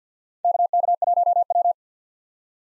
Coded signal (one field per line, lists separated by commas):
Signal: Morse code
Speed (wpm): 50 wpm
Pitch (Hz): 700 Hz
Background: none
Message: KK1W